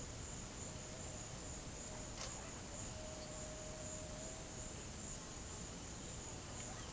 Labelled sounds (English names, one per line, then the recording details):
none
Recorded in pastures near Puerto Asís, Putumayo, Colombia, on 23 June 2025 at 09:30
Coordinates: 0.472, -76.331
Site G095